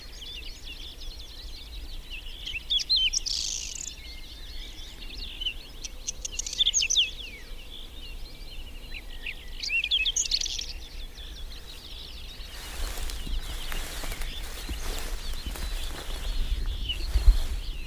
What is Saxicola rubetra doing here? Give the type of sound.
song